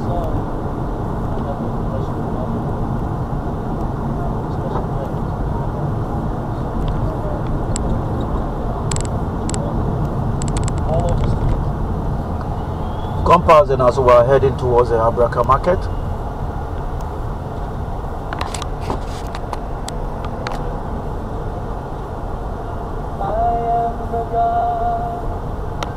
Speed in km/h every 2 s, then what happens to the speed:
52, 48, 47, 50, 47, 39, 29, 23, 19, 16, 18, 16, 18.
0-7 steady at about 48. 7-18 slows to 16. 18-26 steady at about 16.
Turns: none.